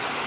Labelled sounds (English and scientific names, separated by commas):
American Redstart (Setophaga ruticilla) flight call